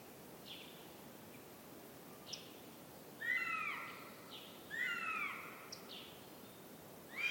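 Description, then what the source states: Northern goshawk chick begging: short faint squeaks, then two louder downslurred wailing calls midway, over a steady background hiss. Chicks at a nest in forest in Central Sweden, 29 June 2018; overnight recording; chicks fighting and begging for food, calls echoing.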